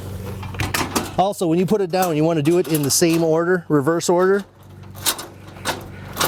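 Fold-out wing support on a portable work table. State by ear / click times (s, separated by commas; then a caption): seated / 0.6 s, 0.7 s. A fold-out wing support on a Portamate PortaCube portable folding work table is unfolded with its little lever and locks into place, with a pair of sharp clicks at 0.6 and 0.74 seconds, leaving it very stable. Someone then talks, and a few more knocks follow near the end.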